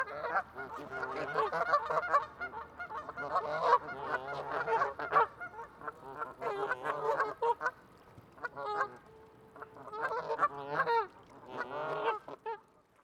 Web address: 344 Audio - Geese BIRDFowl Excited gaggle vocals, call response, close